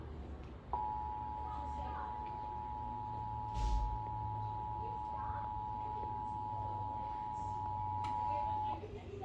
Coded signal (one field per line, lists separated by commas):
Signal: Emergency Alert System (SAME) tones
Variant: 853 and 960 Hz attention tone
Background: speech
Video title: Hope Creek Practice/Demo (EAS #13)